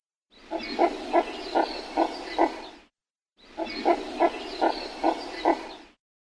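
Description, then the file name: Red-crested pochard calls, a rasping, reedy phrase of about five pulsed notes, heard twice with a short silence between. "Netta rufina"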